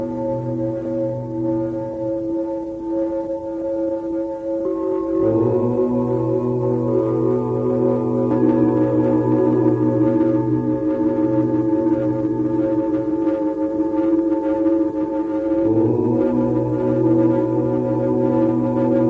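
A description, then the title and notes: Om chanting over singing bowls, with steady sustained tones layered in a low, humming drone. Around 5 seconds and again near 15.5 seconds the pitches shift as a new chant breath or bowl strike begins, and the sound grows slightly fuller. The ringing stays continuous throughout. Om Chanting on Singing Bowls.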